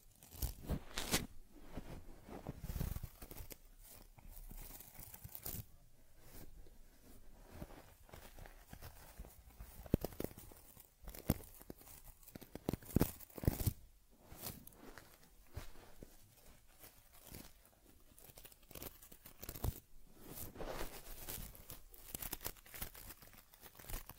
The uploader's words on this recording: ASMR Taking Care of Teddy Head Massage, Facial Cleansing, Fur Combing and Ear Cleaning(No Talking).